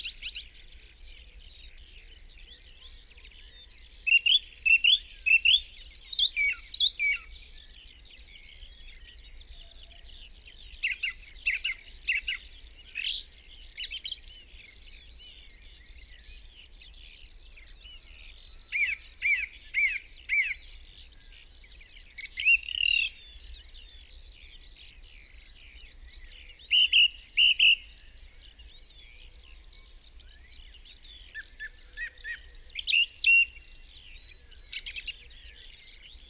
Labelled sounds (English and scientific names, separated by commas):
Song Thrush (Turdus philomelos) song